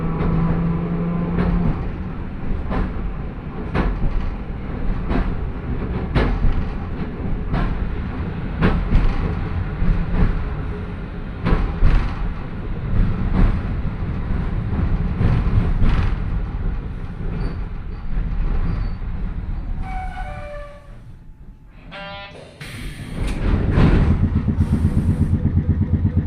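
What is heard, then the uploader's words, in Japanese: A train with nose-suspended traction motors growls loudly along, a dense, steady roar broken by regular clicks from the rail joints about once a second. Around twenty seconds the noise dips while a rising whine comes through, then the roar swells back. 万葉線 高岡駅→越ノ潟。電車は吊りかけモーターなので中々の唸りをあげています。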